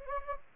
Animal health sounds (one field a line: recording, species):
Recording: mosquito wingbeat signal from an infrared sensor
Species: Anopheles gambiae